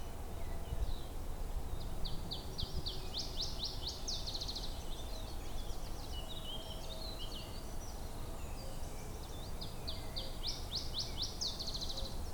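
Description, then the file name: Iberian chiffchaff song: several series of high, sharp notes over a steady low rumble of background noise. "iberischer zilpzalp"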